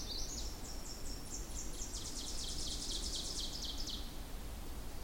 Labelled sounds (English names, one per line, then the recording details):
Ovenbird song
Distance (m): 90 m
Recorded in boreal forest in Alberta, Canada, on 26 May 2016 at 08:02
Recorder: SongMeter 3, array SBT-3-15
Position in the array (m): 58 m, 140 m
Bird 20